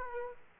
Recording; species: mosquito wingbeat signal from an infrared sensor; Aedes aegypti